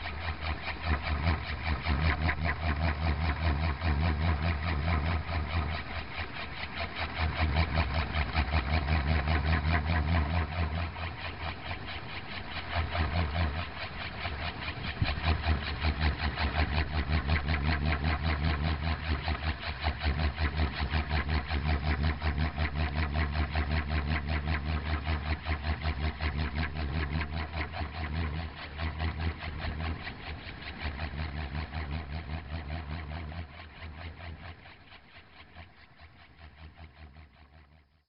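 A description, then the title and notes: A propeller engine drones steadily, a deep low throb with fast regular pulsing, easing slightly midway and fading in the last seconds. Indonesia - propeller sound. A large noise producing windmill designed to keeps birds away from crops growing on a hill on the island of Nusa Penida, just southeast of the island of Bali, Indonesia.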